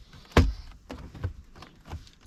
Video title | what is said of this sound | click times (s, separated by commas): Jeep Grand Cherokee WK2 - Custom Switch Mount and Wiring (For Lightbars and Accessories) (2010-2022) | Push down. You'll hear everything click. | 0.4 s